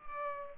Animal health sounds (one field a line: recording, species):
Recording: mosquito wingbeat signal from an infrared sensor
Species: Culex pipiens